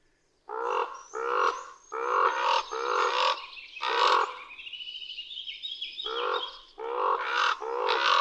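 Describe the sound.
Common raven giving harsh, grating croaks in quick bouts, with a brief lull midway, while high whistled notes run behind.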